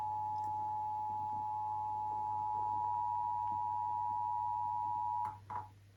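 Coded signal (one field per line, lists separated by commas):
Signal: Emergency Alert System (SAME) tones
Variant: 853 and 960 Hz attention tone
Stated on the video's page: Tsunami communications drill and weekly tests.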